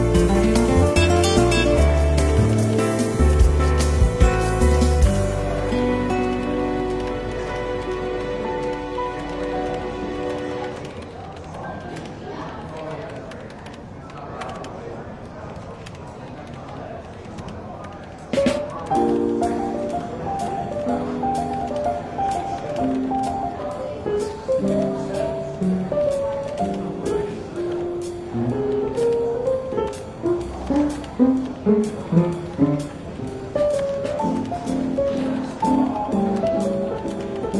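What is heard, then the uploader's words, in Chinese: Soft jazz plays in a London bookshop café, dense and full for the first five seconds, then thinning to a quieter, sparser passage. From about 18 seconds a brighter melody with clear plucked notes returns, over a faint murmur of voices and light clatter throughout. 伦敦书店咖啡馆轻微喧闹氛围与柔和轻松的爵士背景音乐。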